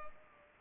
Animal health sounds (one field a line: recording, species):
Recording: mosquito wingbeat signal from an infrared sensor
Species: Culex pipiens